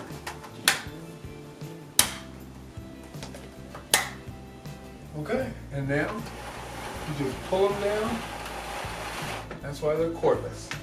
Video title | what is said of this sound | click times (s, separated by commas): Learn How To Install Cordless Mini Blinds Over Your Window | And you push back and you'll hear a click. | 0.7 s, 2.0 s, 3.9 s